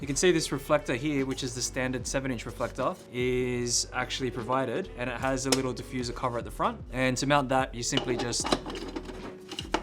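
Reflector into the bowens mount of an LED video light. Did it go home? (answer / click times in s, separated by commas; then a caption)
yes / 9.6 s, 9.8 s. Someone talks while a standard 7-inch metal reflector with a small diffuser cover is fitted onto the front Bowens mount of a NiceFoto HA-3300B II LED video light. Near the end, brief handling knocks are followed by sharp clicks at 9.6 and 9.8 seconds as it is twisted to tighten, locking the reflector into place.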